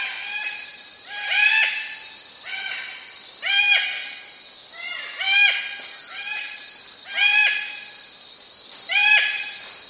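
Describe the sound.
Sulphur-crested cockatoo calls: loud, arched, harmonic squawks in irregular groups of two or three, recurring every couple of seconds.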